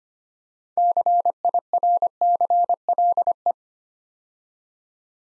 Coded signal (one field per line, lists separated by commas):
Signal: Morse code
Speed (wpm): 25 wpm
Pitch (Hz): 700 Hz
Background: none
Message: CIRCLE